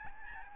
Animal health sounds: mosquito wingbeat signal from an infrared sensor; Aedes albopictus

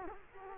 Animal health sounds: mosquito wingbeat signal from an infrared sensor; Culex quinquefasciatus

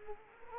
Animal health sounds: mosquito wingbeat signal from an infrared sensor; Culex quinquefasciatus

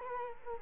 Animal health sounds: mosquito wingbeat signal from an infrared sensor; Culex quinquefasciatus

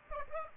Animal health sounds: mosquito wingbeat signal from an infrared sensor; Aedes aegypti

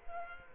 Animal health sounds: mosquito wingbeat signal from an infrared sensor; Culex quinquefasciatus

